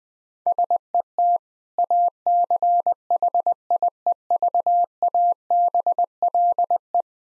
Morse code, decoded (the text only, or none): SET ACHIEVABLE